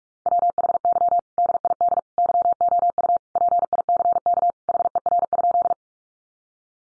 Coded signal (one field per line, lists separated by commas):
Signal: Morse code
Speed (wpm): 44 wpm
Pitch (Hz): 700 Hz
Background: none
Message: WHY DID YOU PICK HER?